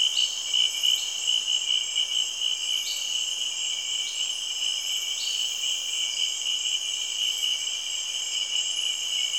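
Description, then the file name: Insects in chorus, a steady shrill drone in several high layers, with short buzzy notes popping in at intervals. Rainforest in Cameroon, early evening. "Cameroun- Insects Frogs"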